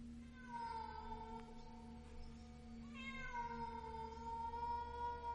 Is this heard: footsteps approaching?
no